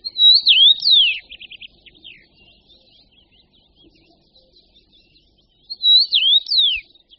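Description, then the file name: Eurasian bullfinch, a loud zigzagging whistled phrase followed by a quick series of short notes, then the phrase again after a long quiet gap. "Hýl-rudý"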